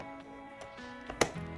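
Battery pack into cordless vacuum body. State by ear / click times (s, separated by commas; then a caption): seated / 1.2 s. A plastic battery pack is slid onto the body of a Miele cordless stick vacuum over background music. A faint tap at 1.1 s comes just before a sharp click at 1.2 s as the pack seats and locks in place.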